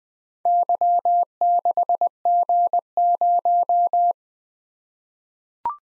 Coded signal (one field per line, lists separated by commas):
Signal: Morse code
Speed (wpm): 20 wpm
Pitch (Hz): 700 Hz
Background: none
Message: Y6G0